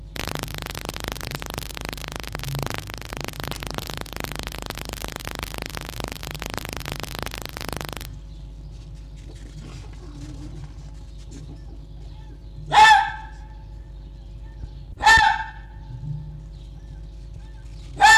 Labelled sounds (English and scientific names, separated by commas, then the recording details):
Red Fox (Vulpes vulpes)
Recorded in captivity
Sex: group
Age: adult
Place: Zoologisches Institut der HUB, Berlin, DE
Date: 1956-02-22 11:45
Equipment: Elmetra
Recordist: Tembrock, Günter